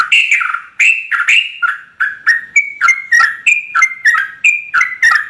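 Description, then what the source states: Yellow-vented Bulbul singing fast, bright warbled notes strung into quick repeated phrases, continuous and lively. Trucukan singing vigorously (gacor) in rapid continuous delivery (ropel), its song filled with material taken from other birds (isian).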